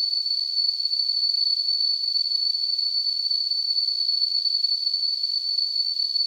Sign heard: Tinnitus.